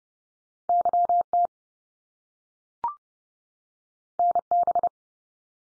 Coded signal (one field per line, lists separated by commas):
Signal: Morse code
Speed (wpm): 30 wpm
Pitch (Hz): 700 Hz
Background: none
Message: YT NB